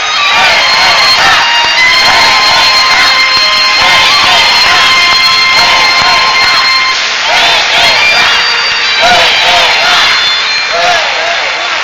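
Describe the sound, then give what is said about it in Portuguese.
A crowd in Ourense applauds and cheers loudly and without pause for about twelve seconds for municipal spokesman Alexandre Sánchez Vidal: dense clapping mixed with shouts and high whistles, and no single voice stands out from the din. “Un forte aplauso.”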